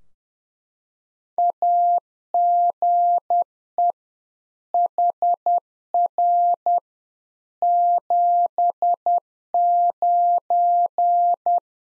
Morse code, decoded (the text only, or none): AGE HR 79